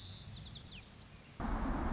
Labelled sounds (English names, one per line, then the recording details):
White-crowned Sparrow
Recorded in Sonoma County, California